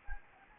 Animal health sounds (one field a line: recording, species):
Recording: mosquito wingbeat signal from an infrared sensor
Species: Anopheles gambiae